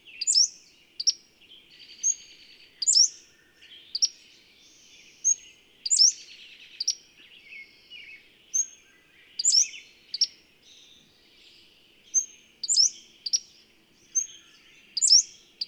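Bird song: repeated high chirping phrases with brief whistles and a buzzy trill, steady rhythm throughout, faint hum below.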